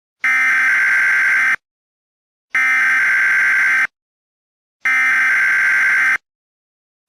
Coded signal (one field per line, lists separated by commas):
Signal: Emergency Alert System (SAME) tones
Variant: header bursts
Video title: Horrorlings Part 1: Origin (Halloween EAS Scenario)